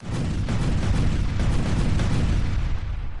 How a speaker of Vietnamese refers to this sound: Oái oàm thay, những pháp bảo này sau khi được tế ra thế mà trực tiếp nổ ầm ầm giữa không trung.